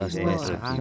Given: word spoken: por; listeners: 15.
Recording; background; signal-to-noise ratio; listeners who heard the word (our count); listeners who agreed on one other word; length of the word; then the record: one Spanish word in noise, from a listening test; four-talker babble; -3.0 dB; 0 of 15; 6 of 15; 0.41 s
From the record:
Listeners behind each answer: 6, 2, 2, 1, 1, 1, 1, 1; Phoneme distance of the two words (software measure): 17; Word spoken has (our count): 1 syllable, 3 phonemes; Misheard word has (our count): 2 syllables, 4 phonemes, stress on syllable 2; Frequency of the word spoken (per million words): 10238.07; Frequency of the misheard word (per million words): 44.78